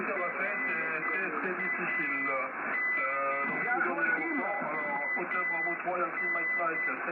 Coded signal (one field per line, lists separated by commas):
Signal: Morse code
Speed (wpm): 8 wpm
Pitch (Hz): 2000 Hz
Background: speech, radio noise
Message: RAMON